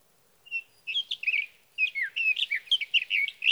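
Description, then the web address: Sage thrasher delivering a rapid warbling song: a lone note, a short phrase, a pause, then a quick tumbling run of squeaky notes. "birdsongforthecurious Sage Thrasher"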